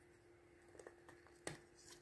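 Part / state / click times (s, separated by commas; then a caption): plastic part into model robot body / seated / 1.5 s. A plastic part of an Optimus Prime model kit is placed into its mounting holes, one large and one small, on the model robot body and pressed home. A few faint light taps come first, then a sharp click at 1.5 s as the part snaps into place and seats.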